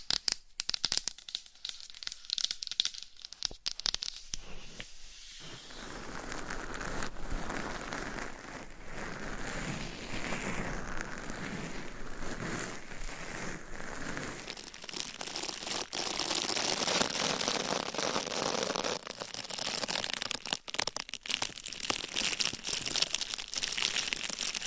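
Scratching and crinkly rubbing sounds shift every few seconds. The opening five seconds bring sharp, scattered taps and crackles. After that comes a denser, continuous rustle, with a brighter, harsher scratching phase from about fifteen seconds onward and occasional sharp clicks.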